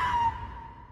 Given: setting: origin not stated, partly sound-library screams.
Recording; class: one-second piece from a danger detection set; woman in danger